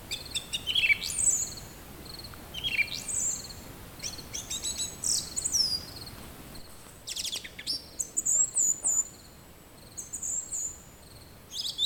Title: Grive musicienne